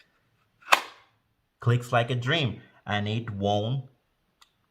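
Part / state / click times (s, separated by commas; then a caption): pistol into holster shell / seated / 0.7 s. A pistol is reholstered a second time into a holster shell and clicks home sharply at 0.7 s, fully seated so it won't fall out. Afterwards someone talks.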